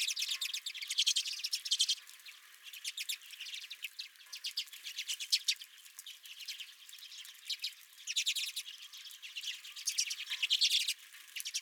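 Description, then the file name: Redpolls chattering in a flock, fast trilled twitters rising and falling in bursts of a few seconds with brief quieter gaps. Redpolls at the recordist's own feeder. "Redpolls at My Feeder"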